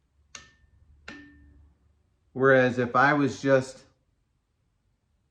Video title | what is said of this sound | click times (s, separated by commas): 2010 Subaru Forester - Ruby's Ressurection Pt. 9 - Cyl Head Rebuild | listen for it to click | 0.4 s